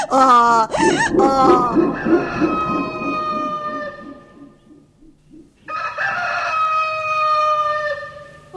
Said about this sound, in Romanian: Ai, surioară. Ce a cântat cocoș? Nu, lasă-mă, ce dacă s-a făcut dimineață.